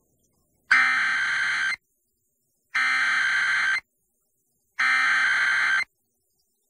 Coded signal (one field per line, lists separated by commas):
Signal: Emergency Alert System (SAME) tones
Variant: header bursts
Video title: EAS #1101-1102: 2 EAS Required Monthly Tests- Aug. 5, 2025- 12:15AM PDT